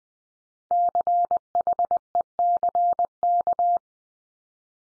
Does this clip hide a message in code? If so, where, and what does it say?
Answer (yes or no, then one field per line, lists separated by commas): yes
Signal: Morse code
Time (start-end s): 0.7-3.8 s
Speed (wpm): 20 wpm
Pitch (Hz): 700 Hz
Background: none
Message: CHECK